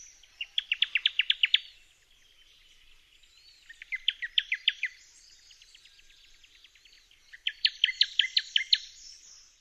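Newtonia giving rapid rattling series of sharp chip notes, three bursts of several notes each, a few seconds apart, with faint high calls in between.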